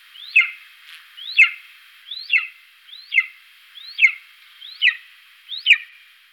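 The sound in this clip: Golden eagle giving a steady run of seven sharp, high chirping yelps, about one per second, each briefly rising then sliding down, with light background hiss.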